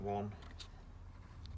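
Someone talks briefly as a screwdriver turns the metal star adjuster wheel of a rear drum brake a second time. A short, sharp click at 1.5 seconds marks the wheel seating into its next detent.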